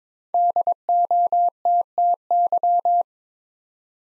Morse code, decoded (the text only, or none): DOTTY